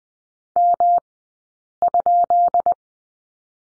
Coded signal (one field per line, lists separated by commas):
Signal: Morse code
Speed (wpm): 20 wpm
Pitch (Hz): 700 Hz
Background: none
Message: M?